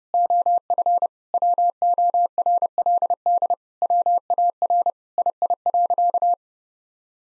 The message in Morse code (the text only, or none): OF WORLD WAR II.